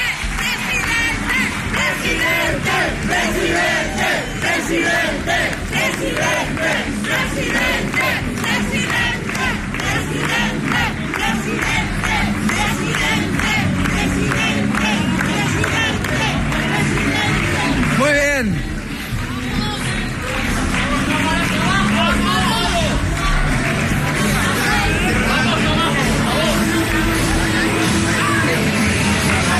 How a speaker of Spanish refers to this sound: Entra Azcón ahí en el hotel Reina Petronila. Qué bien que nos escuchan todos. Ahí escuchamos los gritos en que se recibe el recibimiento multitudinario a Jorge Azcón.